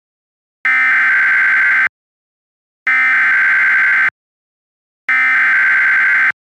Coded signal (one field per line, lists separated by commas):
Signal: Emergency Alert System (SAME) tones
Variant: header bursts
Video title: EAS Mock: PA Severe Thunderstorm Warning.